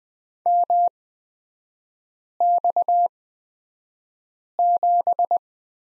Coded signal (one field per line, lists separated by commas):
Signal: Morse code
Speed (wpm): 20 wpm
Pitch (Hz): 700 Hz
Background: none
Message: MX7